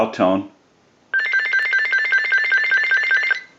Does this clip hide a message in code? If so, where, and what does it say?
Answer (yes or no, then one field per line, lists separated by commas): no